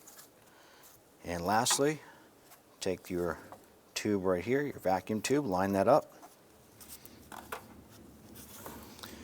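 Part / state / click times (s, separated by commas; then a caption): vacuum tube fitting onto its engine port / not seated / none. Someone talks while lining up a vacuum tube fitting with its port on the engine of a 2001–2007 Ford Escape during a transmission mount replacement. Only faint handling taps and rustles follow around 7.0 to 8.7 seconds. The fitting has not been pressed home, and nothing has seated or clicked yet.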